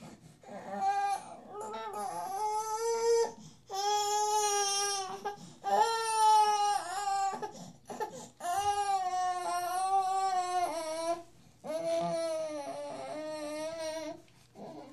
Newborn Baby Crying.